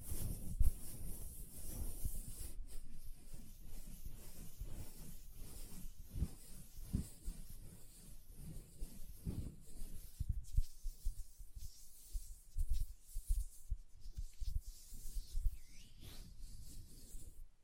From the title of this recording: Hand Sounds, Nail Tapping and Lotion Sounds